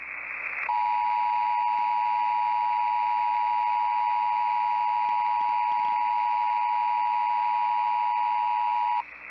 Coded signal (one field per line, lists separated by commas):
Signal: Emergency Alert System (SAME) tones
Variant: 853 and 960 Hz attention tone